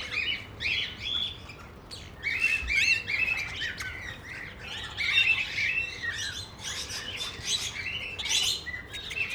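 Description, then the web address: Parrots chattering, a flock of overlapping chirps and short warbled notes in bursts, with sharper squawks standing out now and then. Parrots (plural) at Nyíregyháza Zoo, recorded in 2010, on top of the green pyramid. "allathangok nyiregyhazizoo 2010 standardt madarak papagajokazoldpiramistetejen"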